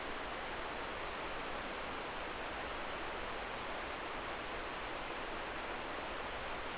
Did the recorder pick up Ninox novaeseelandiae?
no